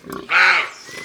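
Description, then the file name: Roe deer giving a single harsh, rasping bark lasting about a third of a second, with faint rustling before and after. "Imagier Chevreuil Un jour dans la foret"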